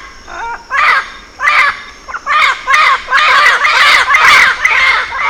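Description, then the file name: Bird calling loudly with rough, grating squawks in close bursts, each lasting a fraction of a second to a second, after a short tonal note at the start. "SABIOD 50 bird 2015"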